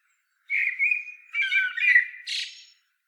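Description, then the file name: Common blackbird song phrase: a mellow warbled whistle that breaks into a brief squeaky, high twittered ending; quiet background. "Turdus merula"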